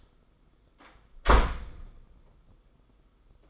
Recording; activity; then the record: daily activity, microphone in the room; close door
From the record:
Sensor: 5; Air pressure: 990.6 hPa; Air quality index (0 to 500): 153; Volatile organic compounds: 184 ppm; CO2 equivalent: 4160 ppm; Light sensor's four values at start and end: 26/63/26/28 and 26/61/25/28